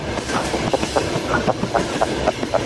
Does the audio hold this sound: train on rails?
yes